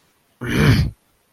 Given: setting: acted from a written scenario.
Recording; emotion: vocal sound without words; anger